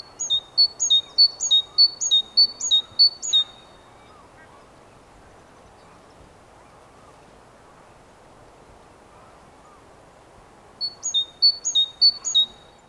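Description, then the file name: Great tit song, a long series of repeated two-note whistles, high then lower, then silence before a shorter burst of the same phrase. "Parus major"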